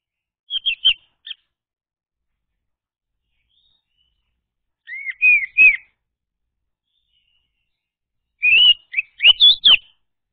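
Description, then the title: Orange-headed thrush song in three spaced phrases of loud, clear, slurred whistles, each a few notes long, separated by a few seconds of silence. Played as a lure to prompt a silent bird to sing. "Anis Merah Macet.. Pancing Dengan Suara Ini.. # Anis Merah"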